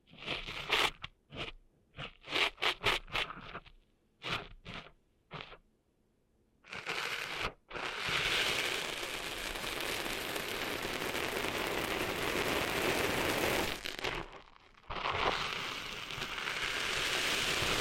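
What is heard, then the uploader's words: Sand is scraped and rubbed in an ear, starting as a quick series of short, bright rustling bursts over the first six seconds. After a pause, the rubbing becomes a long, continuous gritty crackle that runs to the end, broken by a brief gap near fourteen seconds. ASMR Cleaning Sand Out of Your Ears (No Talking).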